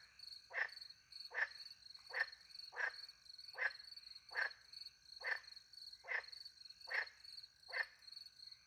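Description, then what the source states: Frog calling in a steady series of short croaks, a little more than one per second, with a continuous high-pitched cricket trill behind. Frogs calling by night in French countryside beside a little pond, with crickets; microphones hidden in a tree close to the pond, two Usi pro microphones into a Mixpre 10 II.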